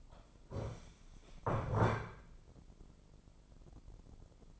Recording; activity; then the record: daily activity, microphone in the room; stand up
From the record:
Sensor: 5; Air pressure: 996.1 hPa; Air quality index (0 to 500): 244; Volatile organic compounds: 460 ppm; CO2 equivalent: 4765 ppm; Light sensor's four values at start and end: 161/385/163/178 and 161/385/162/177